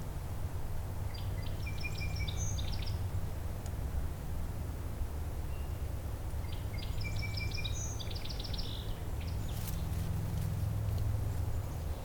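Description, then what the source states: Song Sparrow song: two bright phrases of buzzy trills and sharp notes, several seconds apart, over a steady low rumble of background noise. Back again, heard in a swamp at dawn in early April 2021.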